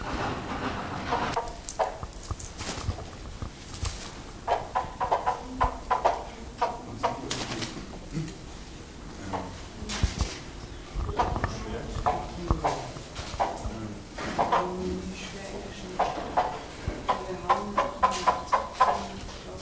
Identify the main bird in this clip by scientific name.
Tockus deckeni